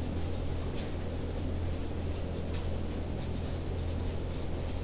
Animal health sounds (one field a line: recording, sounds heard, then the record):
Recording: poultry house recording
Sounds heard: no chicken sound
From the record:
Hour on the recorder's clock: 1